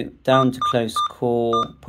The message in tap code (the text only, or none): none